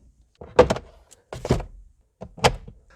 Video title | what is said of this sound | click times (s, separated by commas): Air / Cabin Filter Replacement on G4 Mitsubishi Mirage ( space star 🚀 ) | make sure it clicks | 0.6 s